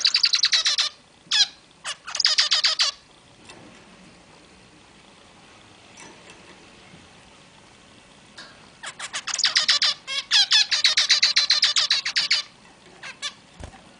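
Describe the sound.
Zebra finch song, rapid bursts of buzzy, nasal notes in quick series, pausing in the middle, then a longer run of clipped repeated notes near the end.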